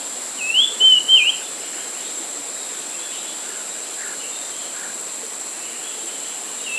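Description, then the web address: White-chested Babbler giving one short whistled phrase of sliding, warbling notes near the start, over a steady high hum, with another note at the end. Recorded at Danum on 28 June 2008. "DANUM 20080628. white-chested babbler"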